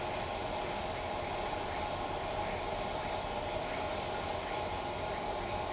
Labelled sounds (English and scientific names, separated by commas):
none